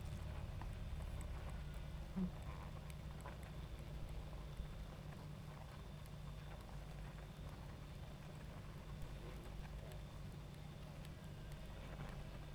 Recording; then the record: honeybee colony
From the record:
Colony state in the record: active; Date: 28 July 2017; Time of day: 22:16